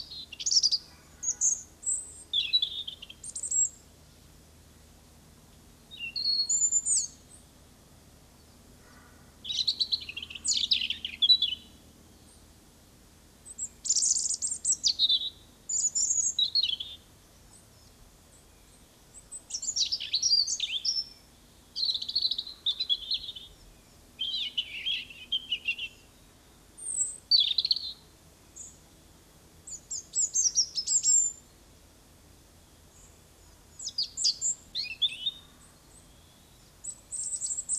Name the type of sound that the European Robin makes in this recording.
song